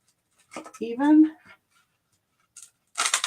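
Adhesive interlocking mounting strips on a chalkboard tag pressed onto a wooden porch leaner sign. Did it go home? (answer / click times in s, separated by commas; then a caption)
yes / 3.1 s, 3.2 s. A chalkboard tag with interlocking plastic hook-and-loop command strips on its back is pressed onto matching strips on a wooden porch leaner sign. Someone talks first. A burst of crackly snapping follows, with clicks at 3.1 s and 3.2 s as the strips seat together.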